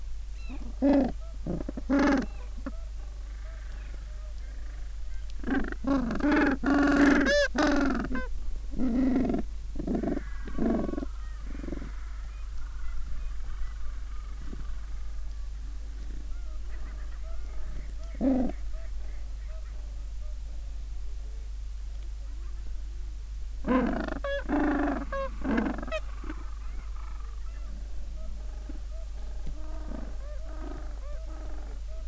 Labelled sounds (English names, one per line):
Gentoo Penguin